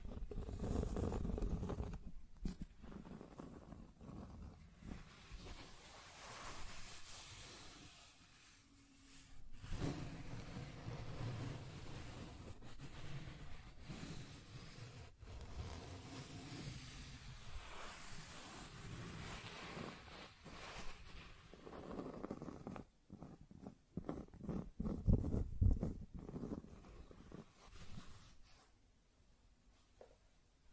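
Scratching and tracing sounds, irregular rough strokes that rasp on and off, with brief silent gaps near nine seconds and around twenty-three onward.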